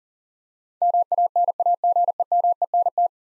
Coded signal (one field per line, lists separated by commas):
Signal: Morse code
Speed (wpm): 40 wpm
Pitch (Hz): 700 Hz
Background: none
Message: MANAGEMENT